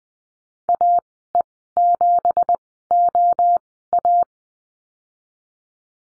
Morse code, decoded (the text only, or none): AE7OA